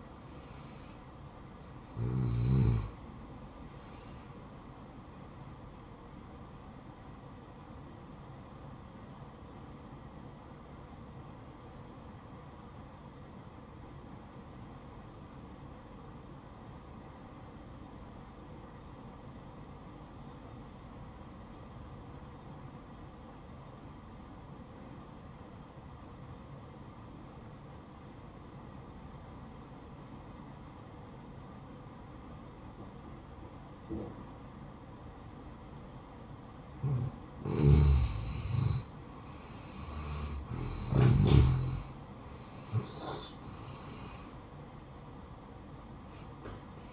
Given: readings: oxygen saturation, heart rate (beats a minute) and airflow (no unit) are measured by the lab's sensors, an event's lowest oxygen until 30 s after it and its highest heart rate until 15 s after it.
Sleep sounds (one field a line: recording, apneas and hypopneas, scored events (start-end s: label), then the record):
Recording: breathing in sleep by a smartphone at the bedside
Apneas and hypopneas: 1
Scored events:
9.00-40.10 s: obstructive apnea (N1, oxygen 95% highest, then 86% lowest, heart rate 62 at the start, 77 highest)
28.00-46.92 s: new sleep stage, N2 (light sleep)
From the record:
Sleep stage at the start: N1 (lightest sleep)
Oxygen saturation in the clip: 85 to 95%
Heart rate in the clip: 59 to 72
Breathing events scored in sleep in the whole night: 573 in 9.8 hours asleep